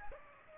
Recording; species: mosquito wingbeat signal from an infrared sensor; Aedes aegypti